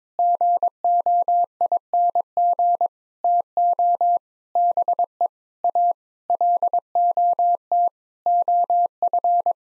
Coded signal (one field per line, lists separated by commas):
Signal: Morse code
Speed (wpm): 22 wpm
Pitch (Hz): 700 Hz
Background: none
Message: GOING TO BE A LOT OF